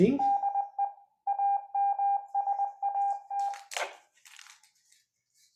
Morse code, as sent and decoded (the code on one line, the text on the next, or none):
-.. . / .- -- ... .- -
DE AMSAT